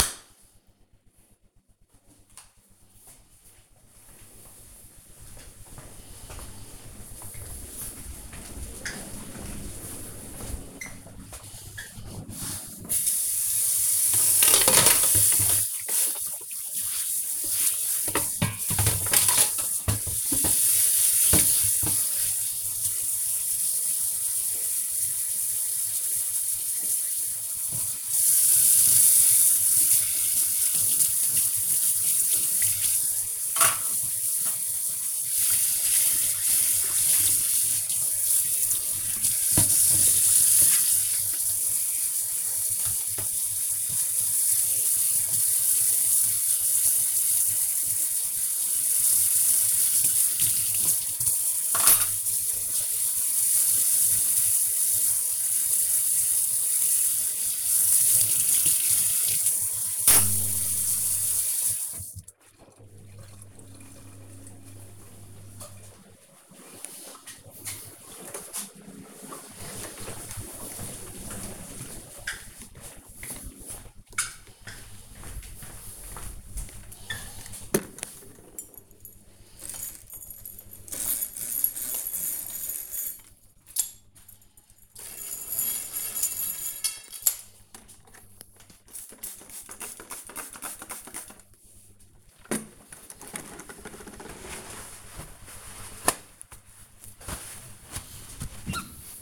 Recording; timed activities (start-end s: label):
household activities, microphone on the right wrist
12.40-61.72 s: washing dishes
87.89-99.21 s: window cleaning